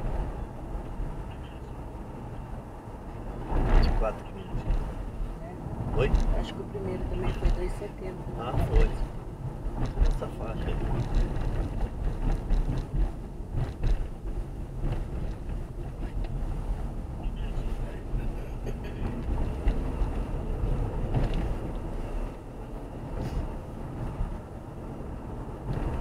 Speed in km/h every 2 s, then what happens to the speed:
65, 60, 57, 51, 45, 37, 31, 29, 33, 45, 54, 57, 64.
0-14 slows to 29. 14-26 speeds up to 64.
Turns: none.